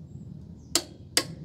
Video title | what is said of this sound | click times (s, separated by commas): Rebel 1100 Ohlins Suspension Install & Review | you go did you hear the click | 0.8 s, 1.2 s